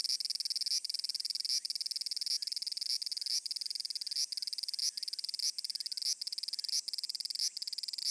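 Cicada giving a high, shrill buzzing call made of rapid pulses, broken by frequent brief pauses.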